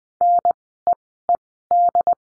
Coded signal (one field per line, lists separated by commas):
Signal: Morse code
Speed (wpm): 20 wpm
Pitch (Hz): 700 Hz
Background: none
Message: NEED